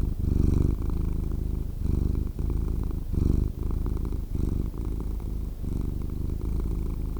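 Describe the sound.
Cat purring with a deep, throbbing rumble, loud inhale and exhale phases alternating in regular breath cycles.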